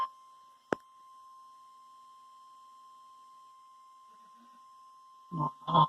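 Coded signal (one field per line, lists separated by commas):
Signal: Emergency Alert System (SAME) tones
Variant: 1050 Hz attention tone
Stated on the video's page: EAS/NWR Required Weekly Test from Wilmington.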